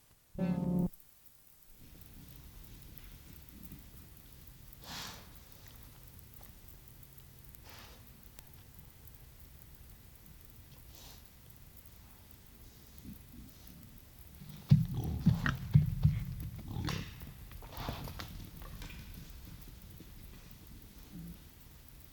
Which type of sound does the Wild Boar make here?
grunting